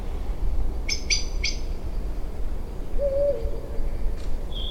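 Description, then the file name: Eurasian eagle-owl hoot: one short, deep tone that dips slightly at its end, preceded by a few bright chirps from another bird over a constant low rumble. "uhu"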